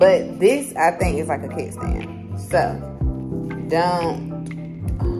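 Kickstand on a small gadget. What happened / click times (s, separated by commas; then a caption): The small stand is being handled but has not yet clicked into position / none. Someone talks over background music while handling the kickstand on a small gadget, with a few brief handling knocks near the end around 4.5 s and 5.0 s. The kickstand has not clicked into position yet; nothing has seated by the end of the clip.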